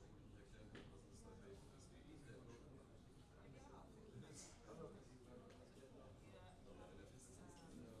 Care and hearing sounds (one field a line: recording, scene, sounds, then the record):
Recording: everyday scene through a hearing-aid microphone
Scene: many people talking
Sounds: many voices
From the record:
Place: university cafeteria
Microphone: in the ear canal, left